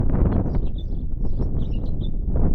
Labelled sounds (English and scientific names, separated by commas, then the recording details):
House Finch (Haemorhous mexicanus) song
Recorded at Point Lookout on Long Island, New York, on 2 June 1975
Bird C